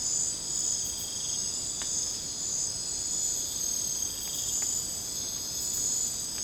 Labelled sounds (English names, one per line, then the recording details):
none
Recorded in secondary vegetation near Puerto Asís, Putumayo, Colombia, on 26 December 2024 at 03:00
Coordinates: 0.499, -76.323
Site G010